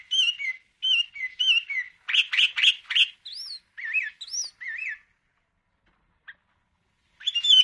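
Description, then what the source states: Sooty-headed bulbul song: short phrases of slurred, rising and falling whistles, then harsher buzzy notes, followed by near silence before singing resumes. Described as gacor: singing actively and persistently.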